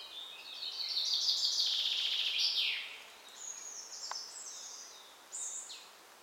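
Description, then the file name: Common chaffinch song: one rapid trill falling in pitch and closing with a brief flourish, followed by thin high calls. "Fringilla coelebs"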